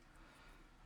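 A rotating plastic part on a Transformers Legacy United Deluxe Class Chromia action figure is handled during transformation, turned carefully for fear of breaking it. Only a steady, soft broadband hiss is heard with no distinct transient. The part has not yet locked into place; nothing has clicked.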